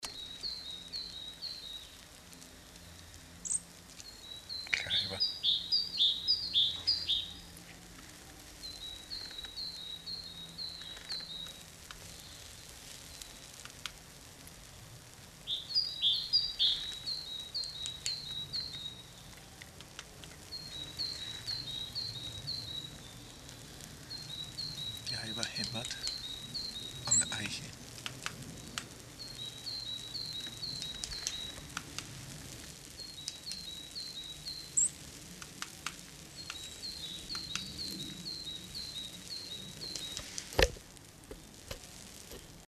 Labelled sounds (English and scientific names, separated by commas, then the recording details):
Great Tit (Parus major) song, Eurasian Nuthatch (Sitta europaea)
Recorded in the wild
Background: Sitta europaea
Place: Locarno, Tessin, CH
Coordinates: 46.1689, 8.78861
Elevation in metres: 214
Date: 1978-03-10
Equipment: Uher 4000 Report
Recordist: Tretzel, Erwin
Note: Park von Locarno, Schweiz: Gesang